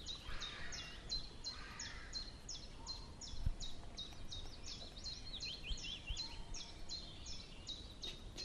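Wren song, a steady run of high, sharp notes repeated throughout, over loud low background noise.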